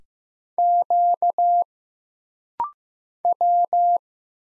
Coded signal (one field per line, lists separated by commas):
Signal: Morse code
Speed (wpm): 15 wpm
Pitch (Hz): 700 Hz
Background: none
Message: Q W